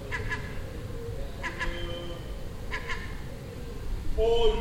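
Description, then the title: Gull calls: quick paired nasal notes repeated three times, followed by a longer, louder drawn-out cry at the end, over low background noise. Nesting gull on the roof next door in Den Haag, Netherlands, June 18th 2017, making these sounds all day for a week. "Seagull Chatter (Den Haag"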